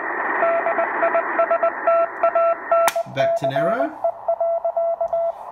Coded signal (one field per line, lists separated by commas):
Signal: Morse code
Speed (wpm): 20 wpm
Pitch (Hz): 670 Hz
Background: speech, radio noise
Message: DISTANCE.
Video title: CW Audio Filter …. Hear Clearly @TheArtofEngineering